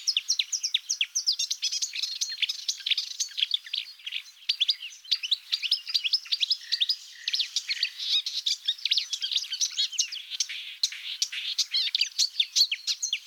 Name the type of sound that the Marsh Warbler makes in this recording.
song